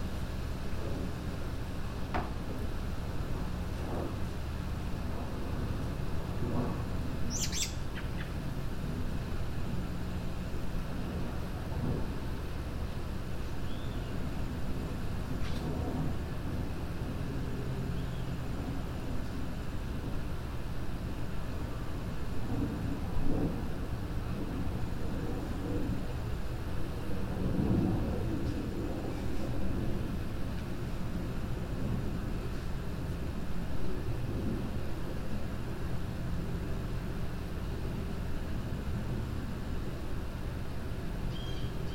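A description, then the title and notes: A backyard in Boulder, CO, filled with a steady low rumble, most likely traffic, holding even for the whole stretch. Short clicks and knocks come through now and then, a bright chirp around eight seconds, and a few softer bird notes scattered throughout. A stereo recording of sitting in a backyard, Boulder, CO.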